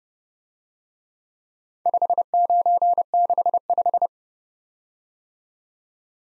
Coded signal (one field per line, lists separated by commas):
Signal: Morse code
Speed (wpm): 29 wpm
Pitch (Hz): 700 Hz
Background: none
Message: 5965